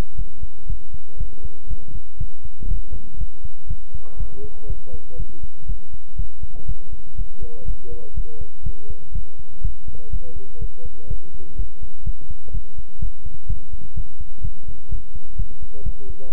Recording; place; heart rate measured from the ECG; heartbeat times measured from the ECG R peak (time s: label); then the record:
heart sounds by stethoscope; between the tricuspid and mitral areas; 123 bpm
0.15 s: heartbeat
0.66 s: heartbeat
1.17 s: heartbeat
1.67 s: heartbeat
2.17 s: heartbeat
2.68 s: heartbeat
3.17 s: heartbeat
3.67 s: heartbeat
4.17 s: heartbeat
4.67 s: heartbeat
5.16 s: heartbeat
5.66 s: heartbeat
6.16 s: heartbeat
6.66 s: heartbeat
7.15 s: heartbeat
7.65 s: heartbeat
8.14 s: heartbeat
8.63 s: heartbeat
9.12 s: heartbeat
9.61 s: heartbeat
10.10 s: heartbeat
10.58 s: heartbeat
11.07 s: heartbeat
11.56 s: heartbeat
12.03 s: heartbeat
12.51 s: heartbeat
12.99 s: heartbeat
13.47 s: heartbeat
13.94 s: heartbeat
14.41 s: heartbeat
14.89 s: heartbeat
15.36 s: heartbeat
15.83 s: heartbeat
16.30 s: heartbeat
From the record:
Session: pedaling a stationary bicycle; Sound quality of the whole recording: good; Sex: male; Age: 24 years